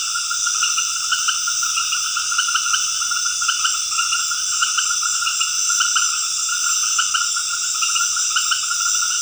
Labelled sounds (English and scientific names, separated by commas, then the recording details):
none
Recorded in dense forest near Puerto Asís, Putumayo, Colombia, on 13 March 2025 at 20:00
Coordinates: 0.481, -76.323
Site G088